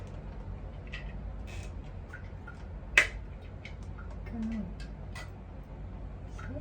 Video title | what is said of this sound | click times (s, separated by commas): INSTALLING SOMETHING | And nakalock na siya, guys. | 3.0 s